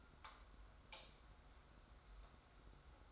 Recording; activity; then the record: daily activity, microphone in the room; light on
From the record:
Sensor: 3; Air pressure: 990.9 hPa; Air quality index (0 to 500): 116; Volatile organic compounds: 76 ppm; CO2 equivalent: 3576 ppm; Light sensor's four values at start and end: 37/87/35/33 and 39/96/39/36